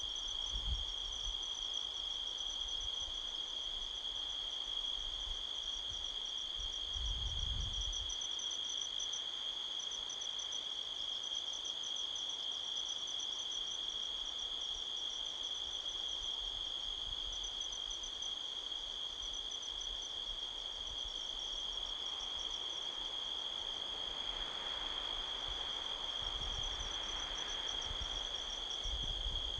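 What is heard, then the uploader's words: Crickets trill steadily in a dense, bright band throughout, while low gusts of wind rumble through around 1, 7, and 27 seconds. Midnight Soundscape, Sedona, Arizona, USA. A strong wind blows across the canyon, rustling trees. The sound of crickets can be heard all around.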